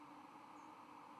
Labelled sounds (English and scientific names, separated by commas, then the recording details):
White-throated Sparrow (Zonotrichia albicollis) flight call
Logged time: 04:15 on 31 October 2014